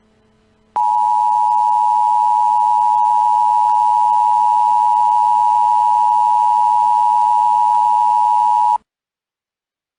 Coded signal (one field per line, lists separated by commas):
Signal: Emergency Alert System (SAME) tones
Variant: 853 and 960 Hz attention tone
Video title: AW336 ARCHIVES | EAS Scenario - Golden Gate Bridge Collapse (REMASTERED) (2019)